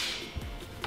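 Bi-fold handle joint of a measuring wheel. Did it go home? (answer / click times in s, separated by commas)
yes / 0.8 s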